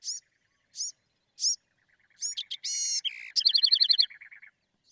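Bewick's wren: three separate high chips, then a burst of sharp notes, a harsh buzz and a quick bubbling trill ending in lower notes.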